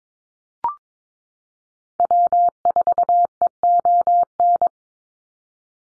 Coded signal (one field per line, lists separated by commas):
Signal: Morse code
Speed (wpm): 22 wpm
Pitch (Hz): 700 Hz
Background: none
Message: W4EON